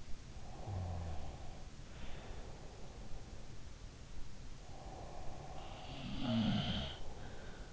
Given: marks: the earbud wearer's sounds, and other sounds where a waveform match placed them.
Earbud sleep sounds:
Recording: sounds in sleep by an in-ear microphone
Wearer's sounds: snoring breath, breath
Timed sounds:
0.29-3.60 s: snoring breath
0.48-2.79 s: sound from someone else or the room
4.61-7.73 s: breath
5.59-7.73 s: sound from someone else or the room

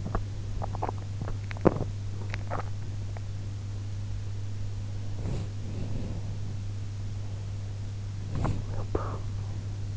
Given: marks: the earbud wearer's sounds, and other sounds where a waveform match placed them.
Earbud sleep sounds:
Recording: sounds in sleep by an in-ear microphone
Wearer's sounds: teeth grinding, body movement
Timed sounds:
0.00-3.31 s: teeth grinding
5.19-6.61 s: body movement
8.22-8.67 s: body movement

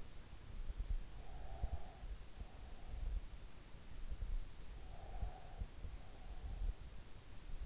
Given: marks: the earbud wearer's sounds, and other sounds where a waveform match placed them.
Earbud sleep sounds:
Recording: sounds in sleep by an in-ear microphone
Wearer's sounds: breath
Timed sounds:
1.24-3.11 s: breath
4.64-6.26 s: breath

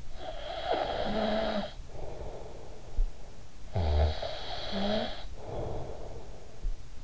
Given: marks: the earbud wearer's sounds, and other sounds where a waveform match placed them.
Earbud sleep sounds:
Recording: sounds in sleep by an in-ear microphone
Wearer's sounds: snoring breath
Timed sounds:
0.13-7.04 s: snoring breath

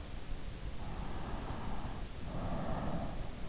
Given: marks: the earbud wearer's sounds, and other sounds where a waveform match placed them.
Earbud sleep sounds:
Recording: sounds in sleep by an in-ear microphone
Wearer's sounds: breath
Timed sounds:
0.50-3.42 s: breath

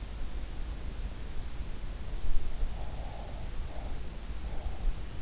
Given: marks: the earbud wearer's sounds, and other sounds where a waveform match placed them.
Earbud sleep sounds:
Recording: sounds in sleep by an in-ear microphone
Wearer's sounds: breath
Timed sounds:
2.74-4.68 s: breath

